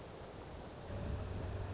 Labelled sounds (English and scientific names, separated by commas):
Song Sparrow (Melospiza melodia)